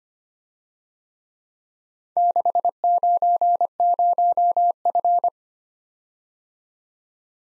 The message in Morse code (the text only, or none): 690F